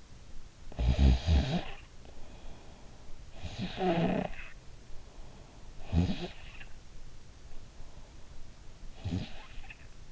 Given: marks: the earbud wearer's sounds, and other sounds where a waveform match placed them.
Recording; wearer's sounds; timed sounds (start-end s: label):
sounds in sleep by an in-ear microphone; snoring breath
0.00-10.12 s: snoring breath